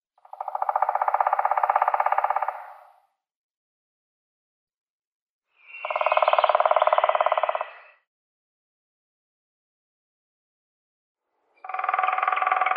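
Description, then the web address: Grey-headed woodpecker drumming: rapid, even rolls of about two and a half seconds each, swelling then fading, separated by several seconds of silence. "Schulze Peter Grey-headed Woodpecker drumming"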